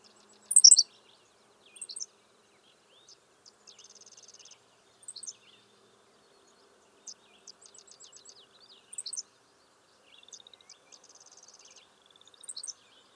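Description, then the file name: Henslow's sparrow giving short, high, hiccup-like chirps every few seconds, with thin buzzy notes and ticking notes between them. "Ammodramus henslowii - Henslow's Sparrow"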